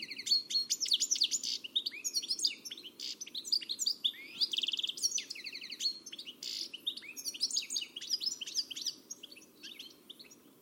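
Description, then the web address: Bird giving dense, high, twittering chirps and short trills, fast and irregular, continuing through the whole stretch with hardly a pause. "Deverinetal. Bird Only"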